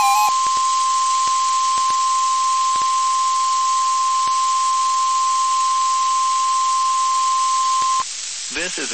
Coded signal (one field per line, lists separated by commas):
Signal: Emergency Alert System (SAME) tones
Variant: 1050 Hz attention tone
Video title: BMX Test EAS 835